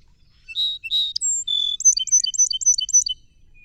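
Song sparrow song: two buzzy notes, a high whistle, a lower held tone, then several quick repeated high-low note pairs.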